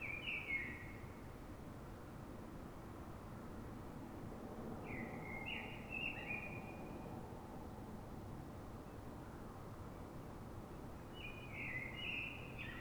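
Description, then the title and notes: Common blackbird song: three warbled phrases separated by pauses of several seconds, heard over constant low background noise. City blackbird singing before dawn in Fuenlabrada, Madrid, Spain, so other blackbirds can hear it before human noise begins; described as a call (reclamo); recorded with a Zoom H1n recorder. "Pl. de Francisco Escolar, 10, 28944 Fuenlabrada, Madrid, España - Sonido Reclamo de Mirlo. Mirlo cantando, es un sonido de reclamo"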